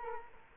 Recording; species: mosquito wingbeat signal from an infrared sensor; Culex quinquefasciatus